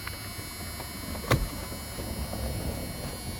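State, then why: Seated. A spread-open plastic retaining part is slipped back down over its mount in the dash of a 1980–86 Ford F-150 bullnose truck during a dash light replacement. It snaps into place with a sharp click at 1.3 s against a low background hum, and the part is seated.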